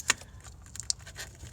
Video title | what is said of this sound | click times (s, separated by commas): P0456 Code: Replace Canister Purge Valve/Evap Purge Solenoid AND Fuel Vapor Leak Detection Pump | Okay, there's the click, and then you want to push the tab over, | 0.9 s